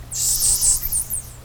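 Whale giving very high whistled calls that loop quickly up and down several times in a second and a half, over a low steady hum.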